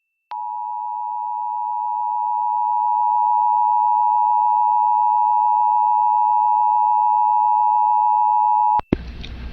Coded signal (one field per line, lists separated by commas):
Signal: Emergency Alert System (SAME) tones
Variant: 853 and 960 Hz attention tone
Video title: The New WDSE-FM (PBS) Duluth, Minnesota Tests the Emergency Alert System (KUMD-FM)